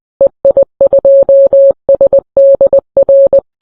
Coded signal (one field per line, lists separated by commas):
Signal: Morse code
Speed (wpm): 20 wpm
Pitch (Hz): 550 Hz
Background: none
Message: EI2SDR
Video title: The first Radio Ham? Radio Experiments by Col Meade Dennis EI2B